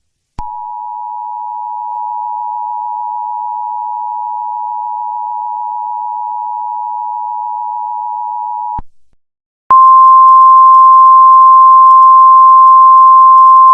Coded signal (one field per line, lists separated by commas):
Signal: Emergency Alert System (SAME) tones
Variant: 853 and 960 Hz attention tone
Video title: The black spiral EAS scenario